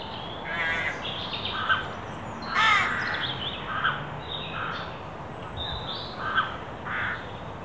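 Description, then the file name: Carrion crow cawing, one louder harsh caw among several softer, shorter hoarse calls spread throughout, with a thin background hiss. "Corvus corone"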